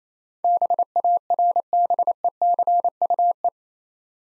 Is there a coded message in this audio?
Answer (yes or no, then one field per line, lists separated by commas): yes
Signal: Morse code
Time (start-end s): 0.4-3.5 s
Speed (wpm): 28 wpm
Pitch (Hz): 700 Hz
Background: none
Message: BARBECUE